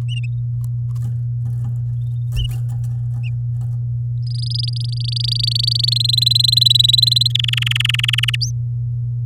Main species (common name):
Domestic Canary